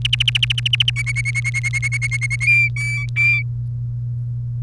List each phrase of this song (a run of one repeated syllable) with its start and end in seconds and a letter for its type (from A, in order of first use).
0.05-0.90 A, 0.96-2.36 B, 2.40-3.42 C